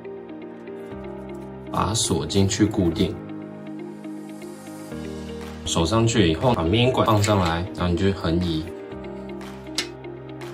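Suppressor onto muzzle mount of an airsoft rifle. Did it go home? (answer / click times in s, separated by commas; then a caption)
yes / 9.8 s. A Cerakote Surefire-style SOCOM Mini 5.56 suppressor is set over the mount on an airsoft rifle's muzzle and slid sideways, then pressed and twisted to tighten. Someone talks over background music, and a sharp click is heard at 9.8 s as the suppressor seats in the correct position.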